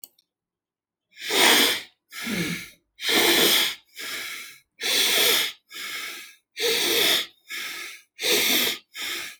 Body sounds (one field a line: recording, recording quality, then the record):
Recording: shallow breathing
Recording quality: excellent, no background noise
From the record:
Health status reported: healthy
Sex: male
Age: 35 years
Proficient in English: yes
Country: India